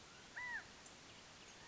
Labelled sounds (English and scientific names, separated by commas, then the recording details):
California Quail (Callipepla californica)
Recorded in Sonoma County, California